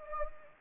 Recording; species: mosquito wingbeat signal from an infrared sensor; Anopheles gambiae